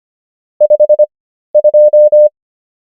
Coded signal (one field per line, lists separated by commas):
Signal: Morse code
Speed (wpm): 25 wpm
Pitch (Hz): 600 Hz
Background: none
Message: 52